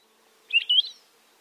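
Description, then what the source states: Palila call: a single brief, high warbled blurt over a quiet background. Primary call: a loud warbly blurt, given mainly by males but also by both sexes and all ages as a contact call; Hawaii; its Hawaiian name is meant to evoke its call.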